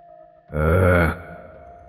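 A creature nearly 3 metres tall breathes heavily and raggedly as it draws closer: one loud, guttural, low-pitched rasping exhale lasting about half a second, rising abruptly out of a faint steady hum and fading quickly.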